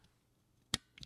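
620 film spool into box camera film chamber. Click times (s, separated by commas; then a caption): 0.7 s. A 620 roll film spool is pressed into the spool holder in the film chamber of a 1960 Kodak Brownie Flashmite 20, a vintage plastic box camera. A sharp, loud click at 0.7 s shows the spool snapping into place, followed by two fainter ticks near 1.0 s. The spool is seated.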